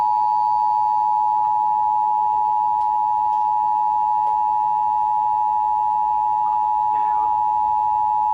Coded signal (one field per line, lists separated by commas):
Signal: Emergency Alert System (SAME) tones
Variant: 853 and 960 Hz attention tone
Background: speech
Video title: Shasta/Trinity's Required Monthly Test (EAS #1126-1134)